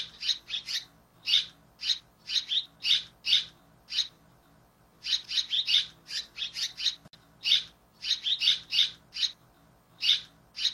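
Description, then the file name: Red-rumped swallow song, a fast run of short high chirping notes in tight bursts separated by brief pauses, with no other clear sounds. "Canto da andorinha daurica"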